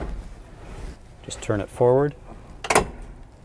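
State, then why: Seated. A front cab seat is swivelled back to face forward until its swivel mechanism latches into the forward travel lock. Someone talks, then two sharp mechanical clicks at 2.6 and 2.7 seconds mark the seat locking into place for travel.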